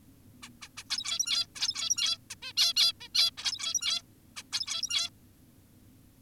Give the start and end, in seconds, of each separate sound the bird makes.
0.43-0.49, 0.62-0.69, 0.77-0.84, 0.90-1.47, 1.56-2.18, 2.30-2.35, 2.42-2.53, 2.57-2.74, 2.76-2.93, 3.01-3.08, 3.15-3.31, 3.38-4.02, 4.37-4.43, 4.53-5.10